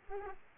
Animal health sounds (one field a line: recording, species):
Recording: mosquito wingbeat signal from an infrared sensor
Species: Aedes aegypti